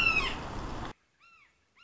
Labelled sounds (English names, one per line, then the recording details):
Red-shouldered Hawk
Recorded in Sonoma County, California